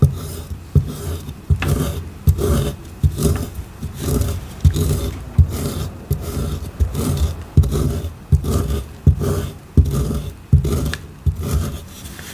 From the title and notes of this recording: ASMR gym chalk carving, scraping sounds, glitter bomb crushing.